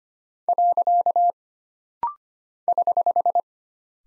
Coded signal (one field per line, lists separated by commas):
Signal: Morse code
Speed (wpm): 25 wpm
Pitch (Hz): 700 Hz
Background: none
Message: . <HH>